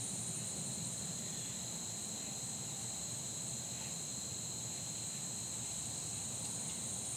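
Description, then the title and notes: Insects droning in steady high-pitched bands, one shrill and one lower, holding unbroken throughout, over a soft low rumble. Fall day that felt like late summer; insects droning like the heat in a neighborhood. "Soundcast: Insects and Acorns. Recorded on a fall day that felt more like late summer, down to the insects droning like the heat. As a seasonal touch they were joined on percussion by the falling acorns. Blue Ion"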